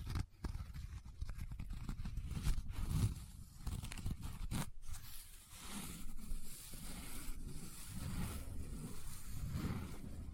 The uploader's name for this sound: Close Up Paper Sounds - Folding, Scratching, Rubbing, Crinkle